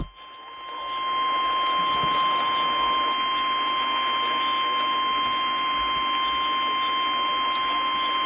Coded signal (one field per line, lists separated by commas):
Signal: Emergency Alert System (SAME) tones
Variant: 1050 Hz attention tone